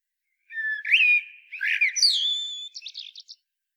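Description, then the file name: Common blackbird song: a single phrase of mellow, rising fluted notes ending in a thin, high chattering flourish. "Turdus merula"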